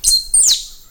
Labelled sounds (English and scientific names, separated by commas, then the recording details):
Stitchbird (Notiomystis cincta) song
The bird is a male
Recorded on Tiritiri Matangi Island, New Zealand, in 2005
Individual 16, of nest box 24